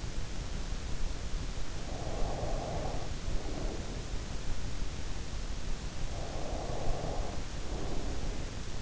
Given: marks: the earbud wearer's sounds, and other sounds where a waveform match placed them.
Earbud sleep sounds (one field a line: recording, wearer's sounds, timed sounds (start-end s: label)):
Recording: sounds in sleep by an in-ear microphone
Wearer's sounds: breath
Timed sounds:
1.84-4.56 s: breath
5.98-8.82 s: breath